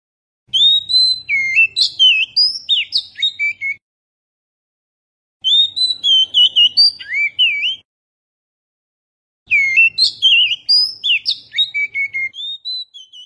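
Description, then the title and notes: Oriental magpie-robin giving loud, varied song in three bursts of sweet whistles, sharp chirps and slurred notes, with short pauses between. "Kicau Burung Kacer"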